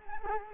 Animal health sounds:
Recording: mosquito wingbeat signal from an infrared sensor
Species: Culex quinquefasciatus

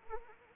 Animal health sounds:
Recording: mosquito wingbeat signal from an infrared sensor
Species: Anopheles arabiensis

